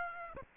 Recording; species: mosquito wingbeat signal from an infrared sensor; Aedes aegypti